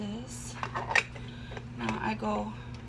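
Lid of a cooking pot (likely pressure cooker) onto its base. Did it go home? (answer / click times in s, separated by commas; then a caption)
no / none. A pot lid, likely that of a pressure cooker, is handled and closed onto its base while someone talks, with brief knocks at about 0.6, 1.0, 1.6 and 1.9 seconds. The lid has not yet been twisted the opposite way to lock, and nothing has seated or clicked yet.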